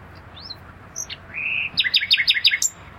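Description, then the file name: Common nightingale song: scattered thin notes, a level whistle, then a fast rhythmic run of about six repeated chirps. "Luscinia megarhynchos"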